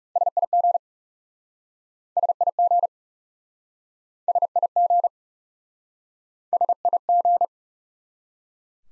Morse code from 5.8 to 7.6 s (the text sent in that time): SIG